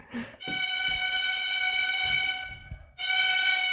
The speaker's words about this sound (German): Vuvuzelas sind cool.